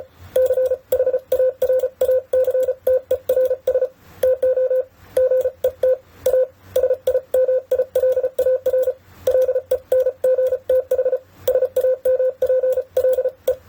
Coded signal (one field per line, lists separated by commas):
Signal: Morse code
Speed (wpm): 34 wpm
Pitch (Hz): 510 Hz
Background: none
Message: CHARACTERS TO GET A SIMILAR LENGTH SAMPLE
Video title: CW Speed vs Accuracy (sending) 30-55wpm #morsecodepractice #morsecode #morse